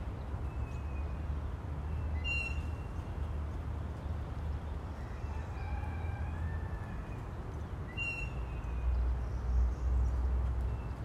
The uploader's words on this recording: Backyard noises # 3 ( no wind sounds ) beautiful crisp bird chirps, airplane flying above.